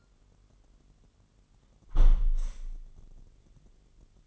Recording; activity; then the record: daily activity, microphone in the room; close window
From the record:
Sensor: 4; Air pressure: 999.4 hPa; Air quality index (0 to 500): 138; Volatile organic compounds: 3 ppm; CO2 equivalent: 1364 ppm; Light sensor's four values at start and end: 22/54/22/24 and 22/53/22/24